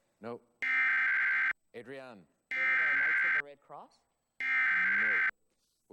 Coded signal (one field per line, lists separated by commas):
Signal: Emergency Alert System (SAME) tones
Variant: header bursts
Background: speech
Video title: WJLA-TV 7 [ABC - Washington, D.C.] Required Weekly EAS Test (January 22, 2018)